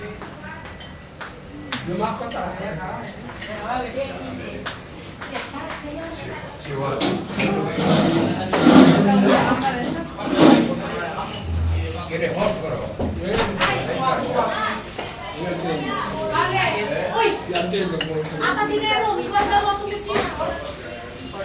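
Exotic chatter in a bar in Barcelona: many voices overlap in a steady, dense murmur, with a few louder voices standing out. Sharp knocks and clatter, like cups or doors, punctuate the talk, especially around the middle, and the hubbub stays busy throughout.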